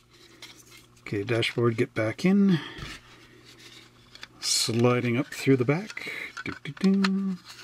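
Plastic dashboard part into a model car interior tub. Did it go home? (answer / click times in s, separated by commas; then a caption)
no / none. A plastic dashboard for an AMT 1969 Ford Torino Cobra / Talladega scale model car kit is slid up through the back of the interior tub while someone talks and music plays. Faint scrapes and small taps are heard, with brief sharp ticks around 0.4, 4.2 and 4.2 seconds. Nothing has seated or clicked into place yet.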